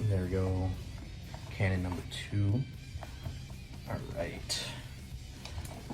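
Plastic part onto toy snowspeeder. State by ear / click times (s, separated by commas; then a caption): not seated / none. A plastic part is pushed onto a toy snowspeeder while someone talks over background music, with a few faint knocks around 3.0, 5.5 and 5.7 seconds. The part does not snap into place and nothing clicks, though it sits in position anyway.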